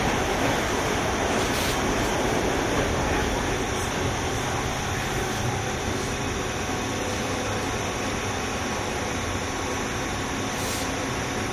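A JR 201-series train runs on, its steady, dense rumble and hiss holding at an even level throughout. Brief bright clicks or squeaks break through now and then, near 2, 4, 5 and 11 seconds, over a faint constant hum.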